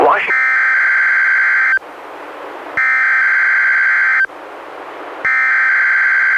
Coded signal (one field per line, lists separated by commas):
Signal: Emergency Alert System (SAME) tones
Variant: header bursts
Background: speech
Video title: EAS #147-151: 5 NWR Required Weekly Tests- Nov. 23-Dec. 21, 2016